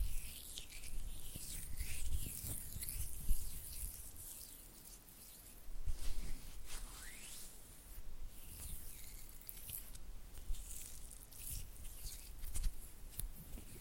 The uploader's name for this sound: Oily Hand and Flutter Finger Sounds